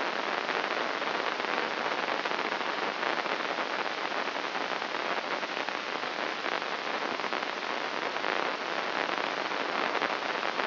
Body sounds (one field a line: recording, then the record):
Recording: brain microelectrode recording played as sound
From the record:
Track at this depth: inside the subthalamic nucleus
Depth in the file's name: 4.03 mm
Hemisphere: left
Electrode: 3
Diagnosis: Parkinson's disease